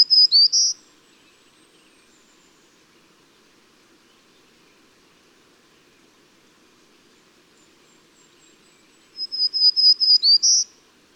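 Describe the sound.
Bird song: two bursts of rapid, high, tinkling notes, one at the start and one near the end, separated by about eight seconds of quiet.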